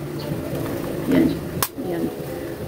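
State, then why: Seated. The paper roll holder or cover of a small portable sticker printer is pushed in and locks with a sharp click at 1.6 s, leaving it seated. Someone talks before and after the click.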